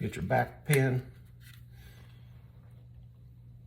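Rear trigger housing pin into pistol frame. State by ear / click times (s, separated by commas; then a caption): not seated / none. Someone talks briefly during the first second while handling the rear trigger housing pin at a polymer pistol frame during a trigger upgrade. The rest is quiet handling noise over a low steady hum. The pin has not yet been pushed home, so nothing has seated or clicked yet.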